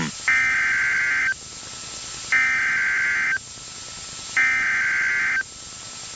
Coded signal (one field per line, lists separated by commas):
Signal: Emergency Alert System (SAME) tones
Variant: header bursts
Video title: DIXIE ALLEY DANGER | EAS Alerts from 11/30/2022 (EAS #1557-1579)